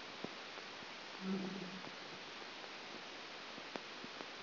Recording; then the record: brain microelectrode recording played as sound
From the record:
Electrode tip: outside the subthalamic nucleus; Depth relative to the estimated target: -6 mm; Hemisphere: right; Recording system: AlphaMap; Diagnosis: Parkinson's disease